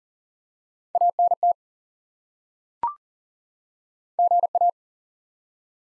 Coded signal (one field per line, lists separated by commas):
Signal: Morse code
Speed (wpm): 37 wpm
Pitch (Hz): 700 Hz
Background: none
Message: ANT GA